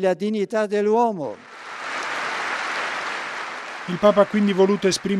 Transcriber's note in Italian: applausi